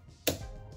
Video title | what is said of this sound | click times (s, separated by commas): HOW TO MAKE A PHOTO CLOCK IN MICROSOFT WORD | should hear a click close clamp a | 0.3 s